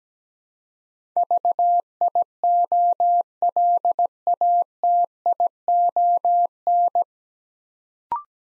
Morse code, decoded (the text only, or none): VIOLATION